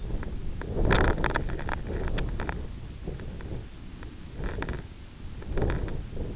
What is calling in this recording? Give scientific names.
none